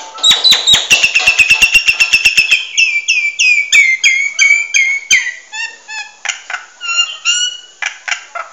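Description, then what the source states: Nias hill myna chattering loudly: a fast train of sharp clicks, then ringing whistled notes, many slurring downward, mixed with harsh bursts. Noisy, chattering continuously.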